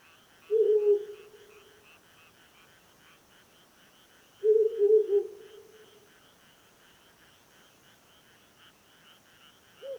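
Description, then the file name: Owl hooting: two low, hollow hoots about four seconds apart, each trailing off, over a steady pulsing chorus of frogs or insects. "hukurou"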